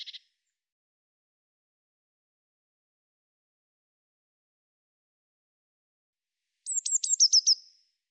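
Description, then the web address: Eurasian blue tit call: a brief high note at the start, then after a long silence a quick run of several thin, high notes stepping down in pitch. "Deverinetal"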